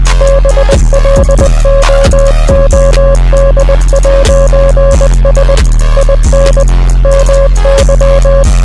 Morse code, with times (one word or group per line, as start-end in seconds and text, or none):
0.2-5.6 BLOOD'S
6.0-6.6 IN
7.1-8.4 MY